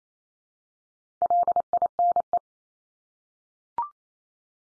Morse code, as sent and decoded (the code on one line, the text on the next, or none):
.-.. .. -. .
LINE